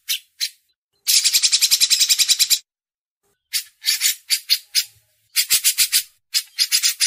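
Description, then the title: Grey-cheeked bulbul giving short harsh bursts and longer rapid chatters, separated by silent gaps. Masteran training audio. "MASTERAN CUCAK JENGGOT"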